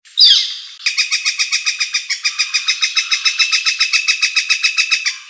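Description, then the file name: Northern flicker call: a harsh opening note, then a long, steady, rapid series of loud, even notes lasting several seconds. "flicker"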